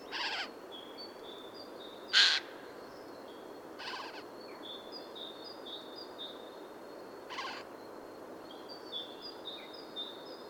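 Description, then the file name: Eurasian jay with one loud harsh screech among several fainter rasping calls spread throughout, and small birds' high thin notes throughout. "Garrulus glandarius"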